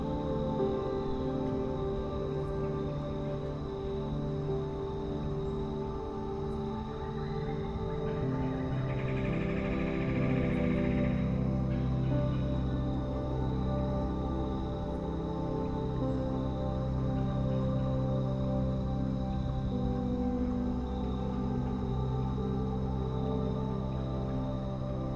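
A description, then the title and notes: Soft piano music with long, sustained chords that blend into a steady wash of low and middle tones. The level stays even throughout, and a brighter ringing layer rises briefly around the ten-second mark before fading back into the mellow, slowly shifting harmony. Relax Outside with Piano.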